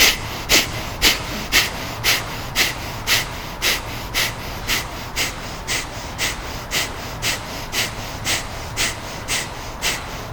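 Rapid, forceful kapalabhati yogic breathing in an agnisar kriya cycle: a steady train of about twenty sharp, hissing exhalations through the nose, roughly two per second, each short and even in loudness, with no talking.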